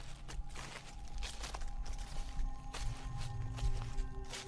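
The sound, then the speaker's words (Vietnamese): Footsteps crunch over dry leaves at night at an uneven walking pace, each step a crackly rustling burst, with a low steady hum running underneath and no talking. “Đột nhiên từ trước mặt vang lên những tiếng bước chân xào xạo, những tiếng bước chân dẫm lên lá khô réo rắt trong đêm tịch mịch.”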